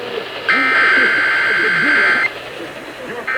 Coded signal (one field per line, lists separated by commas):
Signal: Emergency Alert System (SAME) tones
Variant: header bursts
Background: speech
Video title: The Tests Before Summer School (Monthly EAS Tests from 6/13/23) (EAS #1,331-1,340)